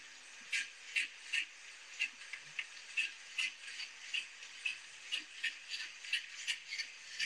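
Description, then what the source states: Bear huffing: sharp, forceful exhalations repeated about two or three times a second in an uneven rhythm, breathy and noisy over a staticky background hiss. Bear exaggerating its breathing, forcefully exhaling; the huff means back up, you are stressing it out.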